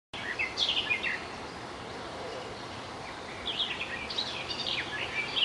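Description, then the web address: Garden warbler song: brief scratchy warbled phrases early on, then a longer run of varied chattering notes near the end, over steady background hiss. At Zakole Wawerskie, Poland. "zakole-wawerskie gajowka"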